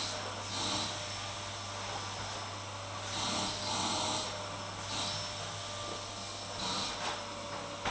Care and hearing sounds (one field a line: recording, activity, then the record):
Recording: daily activity, microphone in the room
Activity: vacuum cleaning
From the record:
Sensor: 3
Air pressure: 991.8 hPa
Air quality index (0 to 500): 196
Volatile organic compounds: 1000 ppm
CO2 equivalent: 6627 ppm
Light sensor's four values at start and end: 32/95/38/33 and 32/95/38/33